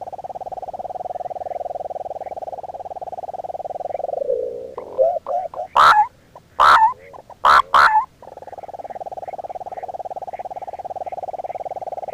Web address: Natures Songs S America Eastern Lowlands. Chordeiles rupestris, song